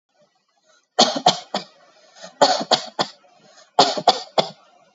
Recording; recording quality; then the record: shallow voluntary cough; excellent, no background noise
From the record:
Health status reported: exposed to COVID-19, no respiratory illness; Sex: female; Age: 35 years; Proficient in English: yes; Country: India